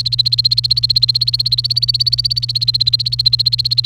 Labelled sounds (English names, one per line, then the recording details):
Domestic Canary song
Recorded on 28 April 2018 at 17:13
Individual llb3